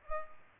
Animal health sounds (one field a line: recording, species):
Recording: mosquito wingbeat signal from an infrared sensor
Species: Culex pipiens